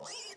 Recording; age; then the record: pig call; piglet (1 to 25 days)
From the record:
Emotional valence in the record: negative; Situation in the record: long isolation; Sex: male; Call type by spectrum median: high-frequency call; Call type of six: high-frequency stable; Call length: 0.37 s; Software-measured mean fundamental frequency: 150 Hz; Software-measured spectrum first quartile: 1335 Hz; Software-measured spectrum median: 3813 Hz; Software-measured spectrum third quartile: 5874 Hz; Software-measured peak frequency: 4983 Hz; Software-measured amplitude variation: 94 dB a second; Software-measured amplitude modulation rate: 17.4 a second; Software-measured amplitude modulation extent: 5.4 dB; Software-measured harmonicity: 2.8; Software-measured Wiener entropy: -2.20